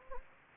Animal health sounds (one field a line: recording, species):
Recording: mosquito wingbeat signal from an infrared sensor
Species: Anopheles gambiae